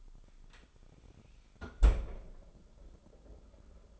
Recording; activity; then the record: daily activity, microphone in the room; close fridge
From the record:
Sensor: 5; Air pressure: 988.6 hPa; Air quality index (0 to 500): 218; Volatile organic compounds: 122 ppm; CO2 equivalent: 3886 ppm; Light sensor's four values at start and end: 43/130/51/55 and 43/131/51/55